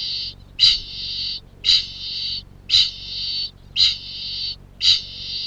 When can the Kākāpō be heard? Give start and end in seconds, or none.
0.00-5.47